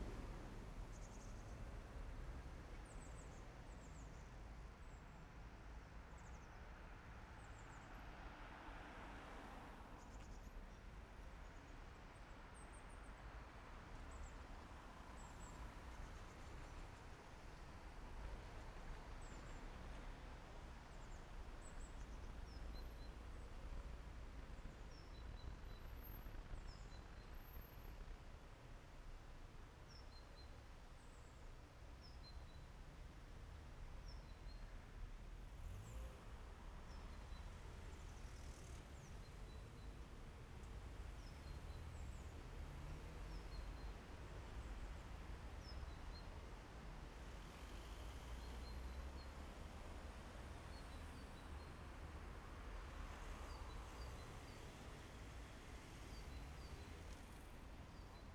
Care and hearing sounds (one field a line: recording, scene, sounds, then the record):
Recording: everyday scene through a hearing-aid microphone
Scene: in traffic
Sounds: traffic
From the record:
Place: main city hub, rush hour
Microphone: behind the ear, left, front